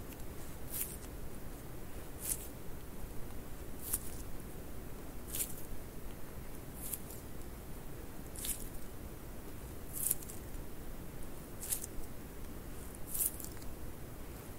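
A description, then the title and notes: Squishy stress balls are squeezed in a slow, steady rhythm, one crisp, bright squish roughly every one and a half seconds. Between the squeezes there is a constant low rumble and soft hiss. The sounds are evenly spaced throughout. ASMR SQUISHY SOUNDS, ASMR SQUISHY STRESS BALLS, ASMR STRESS BALL, ASMR NO TALKING.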